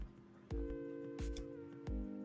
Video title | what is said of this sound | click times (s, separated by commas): Late Night Musings - Random Stream of Randomness...and some toys | That just snapped it, clicked into place. | 1.4 s